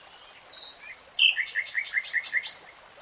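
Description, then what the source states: Nightingale song: short whistles then a quick series of several repeated sharp notes, evenly spaced. Nightingale singing, real time.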